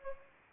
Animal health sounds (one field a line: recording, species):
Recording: mosquito wingbeat signal from an infrared sensor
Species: Anopheles arabiensis